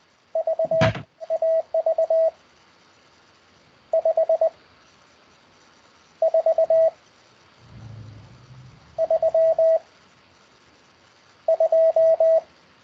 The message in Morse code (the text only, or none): VA V 5 4 3 2